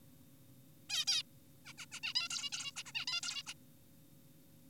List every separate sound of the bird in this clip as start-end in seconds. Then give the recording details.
0.90-1.05, 1.08-1.23, 1.66-1.73, 1.78-1.86, 1.92-2.00, 2.04-2.14, 2.16-2.28, 2.30-2.50, 2.52-2.72, 2.76-2.83, 2.86-2.92, 2.95-3.06, 3.08-3.21, 3.23-3.43, 3.47-3.54. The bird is an adult. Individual g4p5U